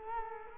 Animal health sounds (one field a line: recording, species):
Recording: mosquito wingbeat signal from an infrared sensor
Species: Culex quinquefasciatus